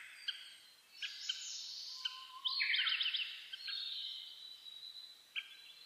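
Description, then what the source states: Birds singing at dawn: sharp high chips, a long steady whistle, and a rapid rolling trill in the middle, several singers overlapping. Dawn chorus recorded 10 May 2010 at about 04:01.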